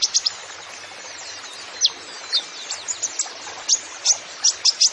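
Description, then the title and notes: Kolibri ninja giving sharp high chirps, a quick triple at the start, then louder spaced chips near the end. Masteran recording for training songbirds, bird singing vigorously (gacor) with full fill-in phrases (isian) and bursts (tembakan), suited as a lure (pancingan) to prompt other birds. "MASTERAN KOLIBRI NINJA TERBAIK FULL ISIAN DAN TEMBAKAN MEWAH COCOK BUAT PANCINGAN. Suara Burung Kolibri Ninja Gacor"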